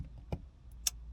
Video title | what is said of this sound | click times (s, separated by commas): How to hardwire your radar detector on a F chassis BMW 3-4 series | it clicks here and then here and then also here. So, just wait | 0.3 s, 0.9 s